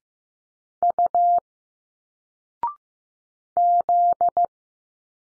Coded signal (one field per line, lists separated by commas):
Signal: Morse code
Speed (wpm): 15 wpm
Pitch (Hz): 700 Hz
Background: none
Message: U Z